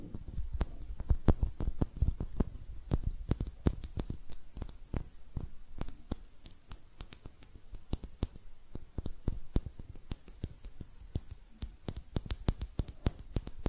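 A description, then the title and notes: Hand sounds made up of sharp taps and clicks, arriving rapidly and irregularly through the whole stretch, several each second. Each snap is crisp and bright, set over a soft low rubbing and handling noise, with a few louder knocks early on. ASMR Relaxing Hand Sounds (No Talking).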